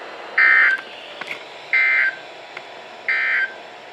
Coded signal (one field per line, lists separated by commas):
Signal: Emergency Alert System (SAME) tones